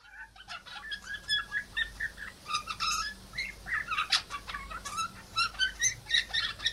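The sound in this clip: P. cineracea calls: quiet start, then a steady flow of squeaky chirps and rough notes, overlapping and busy to the end.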